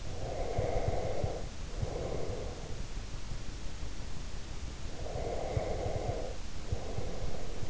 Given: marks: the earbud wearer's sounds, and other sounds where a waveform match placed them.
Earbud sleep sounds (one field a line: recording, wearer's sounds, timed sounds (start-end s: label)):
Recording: sounds in sleep by an in-ear microphone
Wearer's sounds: breath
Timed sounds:
0.10-3.03 s: breath
5.04-7.70 s: breath